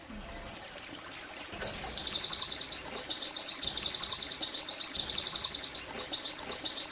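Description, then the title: White-eye song opening with sharp high twitters, then a long, steady, very fast buzzing trill of repeated high notes. Song style called tembakan zipper; many birds singing together (ombyokan); meant for training songbirds (masteran). "pleci tembakan zipper pas buat masteran pleci ombyokan"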